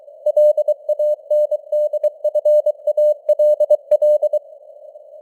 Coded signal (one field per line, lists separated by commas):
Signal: Morse code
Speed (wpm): 23 wpm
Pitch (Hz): 600 Hz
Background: none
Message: LANDFALL